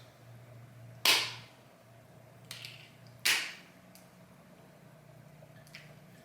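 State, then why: Seated. A single-dose Mounjaro 2.5 mg auto-injector pen, unlocked and pressed against the skin, gives a loud first click at 1.1 s as the needle goes in and the dose starts. A second distinct click at 3.3 s marks the end of the injection, with fainter ticks in between and after, and the pen is then pulled out. The injection is complete, and the injecting itself makes no sound beyond the two clicks.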